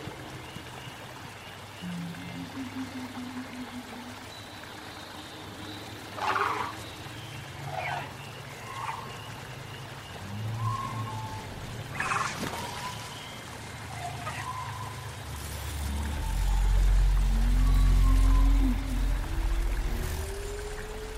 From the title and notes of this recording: Jurassic world ambience |prehistoric forest | dinosaur sounds.